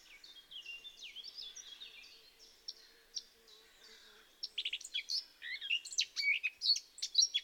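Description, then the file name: Eurasian blackcap song: a quieter run of thin high notes, then from about four seconds a run of loud, sharp, high chirps growing stronger toward the end. "Sylvia atricapilla"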